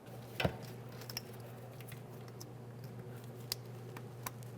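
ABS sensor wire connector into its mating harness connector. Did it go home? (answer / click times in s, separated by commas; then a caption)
yes / 3.5 s. The two halves of a plastic ABS sensor wire connector are pushed together into the mating harness connector during a front upper control arm and ball joint replacement on a 1999-2006 Chevrolet Silverado 1500. Over a steady low hum, faint ticks and handling taps come at about 0.4, 1.1, 1.2, 2.4 and 4.3 seconds. The sharpest click, at 3.5 seconds, is the connector seating.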